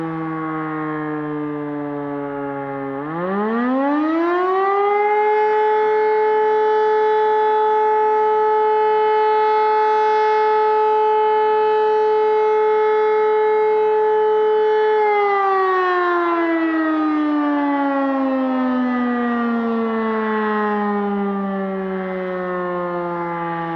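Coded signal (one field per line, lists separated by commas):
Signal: siren signal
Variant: E57 electromechanical siren, Feueralarm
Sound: electromechanical siren winds up, holds a steady wail about 12 seconds, then winds down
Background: outdoor ambience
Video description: Monatlicher Probealarm der Feuerwehrsirenen in Alfter am 20.03.2021 um 11.45 Uhr mit dem Signal "Feueralarm".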